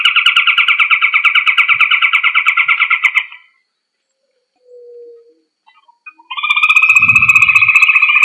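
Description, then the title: Rail calling in two bursts of fast, buzzy pulsed trilling split by a few seconds of silence, plus a brief soft low rumble during the second burst. "Familia Rallidae"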